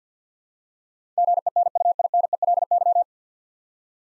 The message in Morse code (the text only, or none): GENUINELY